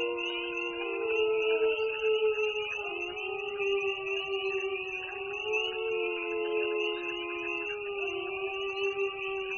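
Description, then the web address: Chorus of wolf howls, drawn-out wavering tones overlapping at different pitches, some dipping and rising again, with a continuous shrill buzz behind. "sons loups"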